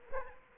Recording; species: mosquito wingbeat signal from an infrared sensor; Culex quinquefasciatus